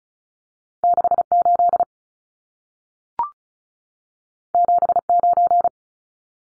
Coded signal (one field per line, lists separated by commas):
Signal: Morse code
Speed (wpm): 36 wpm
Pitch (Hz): 700 Hz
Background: none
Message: 68 79